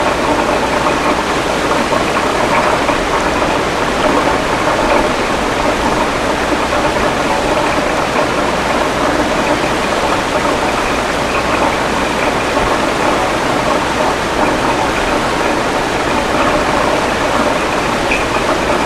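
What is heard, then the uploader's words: The Spokane River rushes past in a steady, dense wash of water sound with no pauses or changes in level. A low hum runs underneath, and the rushing stays full and even from start to finish, with a slightly bright, hissy edge. Spokane River white noise. Recordings of the Spokane River made from this footbridge by Dan Bodah in August 2003.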